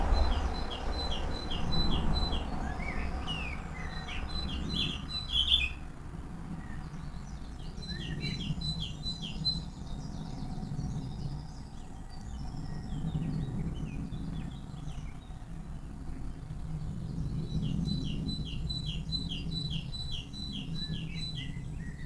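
Several kinds of birds chirp and call back and forth in a garden in early morning, over a steady low rumble that swells every few seconds.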